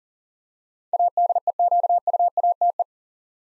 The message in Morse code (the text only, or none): ADEQUATE